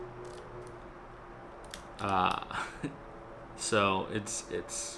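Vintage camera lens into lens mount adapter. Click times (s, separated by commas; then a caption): 1.7 s. An all-metal vintage 50mm lens is twisted onto a lens mount adapter, feeling solid and smooth. A single sharp click at 1.7 s marks it locking into place, and it is seated. Someone talks afterward.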